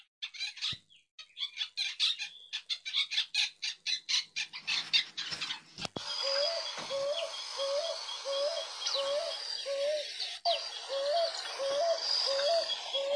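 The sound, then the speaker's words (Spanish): A picazuro pigeon coos in a steady series of short, low, hollow notes, following an opening burst of rapid, high chattering chirps, with other birds twittering throughout. “La paloma picazuró es un ave robusta de patas cortas, camina por el suelo para encontrar granos y semillas y una de las de mayor tamaño dentro de las 37 especies que habitan la Argentina.”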